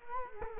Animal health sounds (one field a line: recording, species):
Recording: mosquito wingbeat signal from an infrared sensor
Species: Culex quinquefasciatus